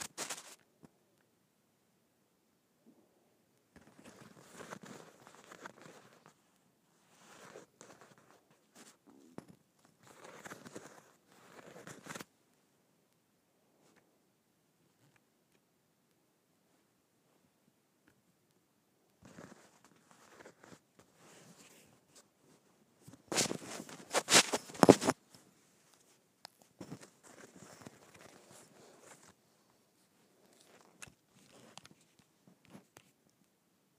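Scratching on bumpy leather comes in short rough bursts of dry scraping, clustered between about 4 and 12 seconds and again from 19 to 34 seconds. A silent gap separates them. Around 23–25 seconds the scratching turns much louder and harsher before settling back to softer strokes.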